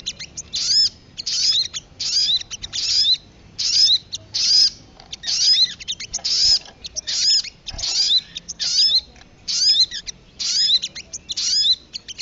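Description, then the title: Sogok ontong song: rapid high chirpy bursts, each a cluster of sharp twittering notes, repeated about once per second with brief gaps, over faint low background noise. Training song meant for teaching songbirds. "Masteran Burung Sogok Ontong Labaik"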